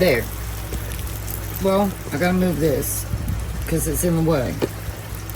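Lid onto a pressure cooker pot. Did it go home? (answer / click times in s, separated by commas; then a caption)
no / none. A lid is handled onto a pressure cooker pot while someone talks over a low steady hum, with a few brief taps near 0.9, 1.3 and 5.3 seconds. Nothing has seated or clicked into place yet.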